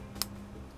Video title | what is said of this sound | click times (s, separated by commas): Waltham Model 1883 Mainspring Replacement Part 2 of x | that looks like it's snapped in | 0.2 s